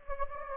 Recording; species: mosquito wingbeat signal from an infrared sensor; Anopheles gambiae